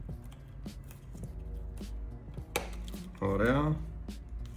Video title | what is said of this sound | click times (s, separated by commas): Πώς να αλλάξετε οθόνη σε Samsung A05s - Βήμα προς Βήμα - iRestore.gr | έκανε το κλικ από δω. | 2.6 s